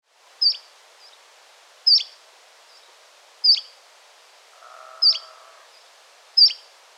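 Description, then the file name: Canary Islands chiffchaff giving clipped high call notes that fall steeply, about every one and a half seconds, with a faint lower humming tone near the end. "Mosquitero Canario"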